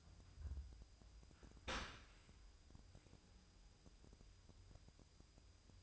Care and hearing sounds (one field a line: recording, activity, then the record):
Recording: daily activity, microphone in the room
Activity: open dishwasher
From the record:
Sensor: 2